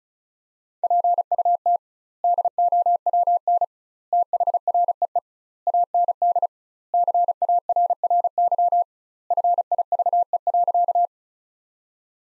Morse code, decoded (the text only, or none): PUT DOWN THREE AND CARRY FIVE.